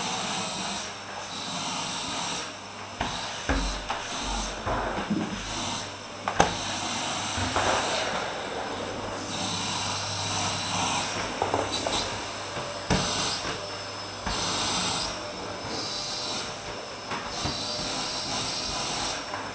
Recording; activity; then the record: daily activity, microphone in the room; vacuum cleaning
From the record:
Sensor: 2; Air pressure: 995.1 hPa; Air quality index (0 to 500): 50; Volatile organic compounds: 1 ppm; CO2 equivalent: 782 ppm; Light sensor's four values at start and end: 16/52/20/20 and 16/52/20/20